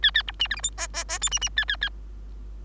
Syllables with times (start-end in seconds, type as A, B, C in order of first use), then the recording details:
0.02-0.11 A, 0.14-0.23 A, 0.27-0.32 B, 0.39-0.48 C, 0.50-0.56 D, 0.56-0.62 E, 0.63-0.71 F, 0.77-0.88 G, 0.93-1.04 G, 1.08-1.19 G, 1.21-1.30 H, 1.31-1.39 C, 1.41-1.49 C, 1.56-1.65 A, 1.68-1.76 A, 1.81-1.89 A. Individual Bird3